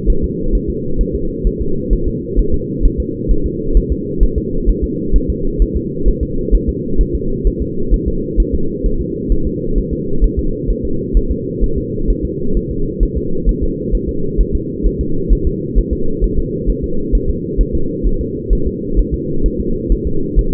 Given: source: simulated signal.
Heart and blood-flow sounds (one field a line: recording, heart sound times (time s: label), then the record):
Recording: fetal heart sounds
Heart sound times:
0.10 s: S1
0.24 s: S2
0.55 s: S1
0.70 s: S2
1.01 s: S1
1.15 s: S2
1.47 s: S1
1.62 s: S2
1.93 s: S1
2.08 s: S2
2.39 s: S1
2.54 s: S2
2.85 s: S1
3.00 s: S2
3.31 s: S1
3.46 s: S2
3.77 s: S1
3.92 s: S2
4.23 s: S1
4.38 s: S2
4.69 s: S1
4.84 s: S2
5.16 s: S1
5.30 s: S2
5.62 s: S1
5.77 s: S2
6.08 s: S1
6.23 s: S2
6.55 s: S1
6.69 s: S2
7.01 s: S1
7.15 s: S2
7.47 s: S1
7.62 s: S2
7.94 s: S1
8.08 s: S2
8.40 s: S1
8.54 s: S2
8.86 s: S1
9.01 s: S2
9.32 s: S1
9.47 s: S2
9.78 s: S1
9.93 s: S2
10.24 s: S1
10.39 s: S2
10.71 s: S1
10.85 s: S2
11.17 s: S1
11.32 s: S2
11.64 s: S1
11.78 s: S2
12.10 s: S1
12.25 s: S2
12.57 s: S1
12.71 s: S2
13.03 s: S1
13.18 s: S2
13.49 s: S1
13.63 s: S2
13.95 s: S1
14.09 s: S2
14.40 s: S1
14.55 s: S2
14.86 s: S1
15.01 s: S2
15.32 s: S1
15.47 s: S2
15.78 s: S1
15.93 s: S2
16.24 s: S1
16.39 s: S2
16.70 s: S1
16.84 s: S2
17.15 s: S1
17.29 s: S2
17.61 s: S1
17.75 s: S2
18.07 s: S1
18.21 s: S2
18.53 s: S1
18.67 s: S2
18.99 s: S1
19.14 s: S2
19.46 s: S1
19.60 s: S2
19.92 s: S1
20.07 s: S2
20.39 s: S1
20.53 s: S2
From the record:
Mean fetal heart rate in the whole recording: 130 bpm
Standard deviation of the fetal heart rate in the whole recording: 2 bpm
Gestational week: 36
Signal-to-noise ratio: -8.1 dB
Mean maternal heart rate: 72 bpm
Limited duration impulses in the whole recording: absent